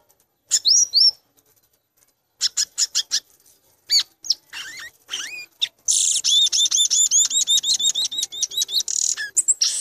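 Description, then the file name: Violaceous euphonia song: high, clear notes in short bursts, then a fast run of rapid, buzzy, repeated chirps near the end. "gaturamo verdadeiro"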